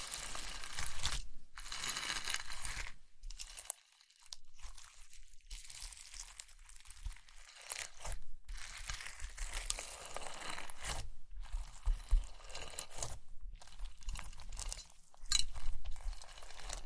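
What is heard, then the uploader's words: Slime being squished and pressed, with dense crackly, sticky popping that comes in bursts separated by brief silent pauses. The texture is bright and fizzy with some low thumps underneath, and the pace stays fairly steady across the whole stretch. ASMR Slime - SO Satisfying - ( No Talking).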